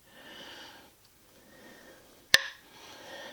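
An oiled O-ring fuel injector is pushed into the fuel rail of a third-gen Camaro and Firebird intake and clicks home with one sharp, bright click at 2.3 s. Soft, breathy broadband noise fills the rest of the clip. The injector is seated.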